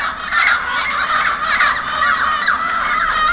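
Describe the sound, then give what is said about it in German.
Escaped captive yellow-crowned amazon parrots screech overhead in Stuttgart in a loud, continuous jumble of harsh, overlapping calls, rising and falling in rapid, raspy bursts with no talking. “Auf einmal über uns lautes Gekreische.”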